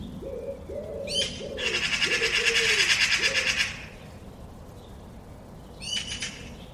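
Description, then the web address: Bird calls: a harsh, buzzy pulsed rattle lasting about two seconds, framed by short rasping notes, over a run of soft low hooting notes near the start. "cianscape birddata Deverinetal"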